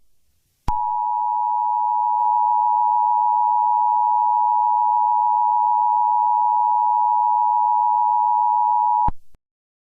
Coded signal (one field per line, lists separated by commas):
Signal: Emergency Alert System (SAME) tones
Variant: 853 and 960 Hz attention tone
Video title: EAS Scenario #2: Chinese attack New Orleans